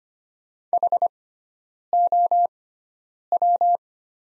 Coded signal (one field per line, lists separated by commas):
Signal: Morse code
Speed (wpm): 25 wpm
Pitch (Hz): 700 Hz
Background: none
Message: HOW